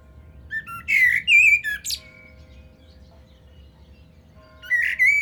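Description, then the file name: Common blackbird song: a loud, warbled phrase of rich whistles with a high squeaky finish, a pause, then a second phrase begins; faint steady hum behind. "Turdus merula"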